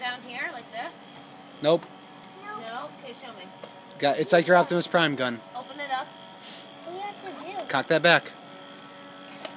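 A child pulls back the priming handle of a plastic toy dart blaster while people talk throughout. A short, sharp click at 9.5 s marks the priming slide seating in its cocked position.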